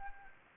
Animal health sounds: mosquito wingbeat signal from an infrared sensor; Anopheles arabiensis

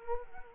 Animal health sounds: mosquito wingbeat signal from an infrared sensor; Culex quinquefasciatus

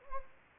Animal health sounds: mosquito wingbeat signal from an infrared sensor; Anopheles gambiae

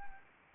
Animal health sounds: mosquito wingbeat signal from an infrared sensor; Anopheles arabiensis

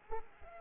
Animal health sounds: mosquito wingbeat signal from an infrared sensor; Culex pipiens

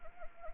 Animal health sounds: mosquito wingbeat signal from an infrared sensor; Anopheles arabiensis

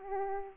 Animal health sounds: mosquito wingbeat signal from an infrared sensor; Aedes aegypti

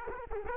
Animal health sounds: mosquito wingbeat signal from an infrared sensor; Culex quinquefasciatus

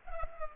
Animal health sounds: mosquito wingbeat signal from an infrared sensor; Culex pipiens

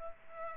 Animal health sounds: mosquito wingbeat signal from an infrared sensor; Culex pipiens

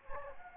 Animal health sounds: mosquito wingbeat signal from an infrared sensor; Anopheles gambiae

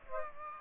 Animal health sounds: mosquito wingbeat signal from an infrared sensor; Aedes aegypti

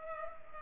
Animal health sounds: mosquito wingbeat signal from an infrared sensor; Culex pipiens

